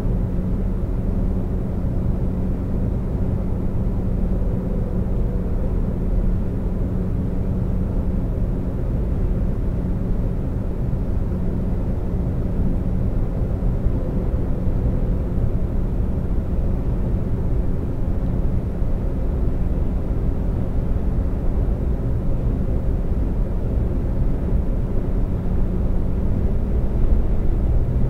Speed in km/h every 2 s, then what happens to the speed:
132, 132, 132, 132, 132, 132, 132, 132, 132, 130, 130, 129, 129, 129.
0-28 steady at about 132.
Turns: none.